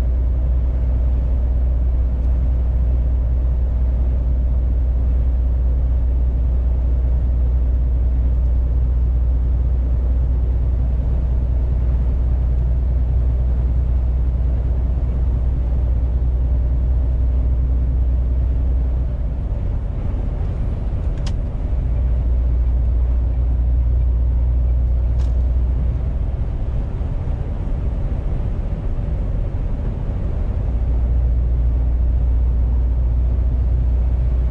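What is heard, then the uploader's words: A truck driving, heard from inside the cab: a steady, heavy engine drone dominates, with a deep low hum and faint higher whine throughout. Around 19 and 26 seconds the engine note shifts, as if changing gear, and two brief clicks sound near 21 and 25 seconds. Truck driver sound.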